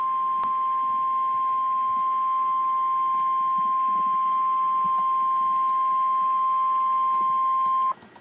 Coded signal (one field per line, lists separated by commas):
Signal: Emergency Alert System (SAME) tones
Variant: 1050 Hz attention tone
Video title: REAL EAS 1062-SVR